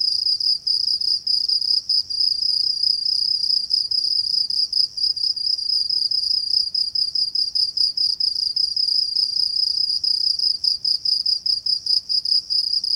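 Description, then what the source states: Cricket song, a piercing high continuous trill made of fast pulses, with frequent short dips, keeping an even pace across the whole stretch. Binaural.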